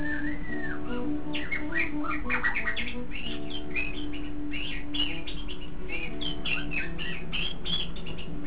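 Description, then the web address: White-rumped shama pouring out a rapid, continuous string of varied whistled notes and chirps, with a steady low hum behind. Song labelled with the word meow. "shanlung song meow. shanlung shamasong"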